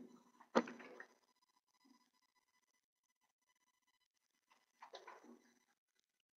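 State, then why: Seated. A 3Shape dental scanner's door is closed into the scanner housing and shuts with a sharp latch click at 0.6 s, followed by a brief rattle. After a quiet stretch, a few softer clattering knocks come around 4.8 to 5.3 s. The door is seated and latched.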